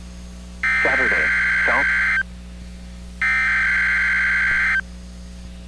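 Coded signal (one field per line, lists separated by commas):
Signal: Emergency Alert System (SAME) tones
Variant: header bursts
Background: speech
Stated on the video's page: Real EAS alerts recorded during severe weather hitting Chicago.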